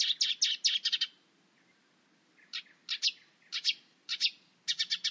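Bird giving rapid high chirps in tight bursts, a quick series, a pause, then irregular short clusters of sharp notes; quiet background otherwise.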